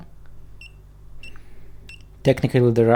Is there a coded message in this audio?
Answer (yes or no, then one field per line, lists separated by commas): no